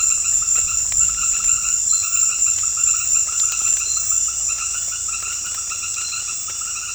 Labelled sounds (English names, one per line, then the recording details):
none
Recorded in secondary vegetation near Puerto Asís, Putumayo, Colombia, on 28 February 2025 at 18:30
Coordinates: 0.484, -76.319
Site G010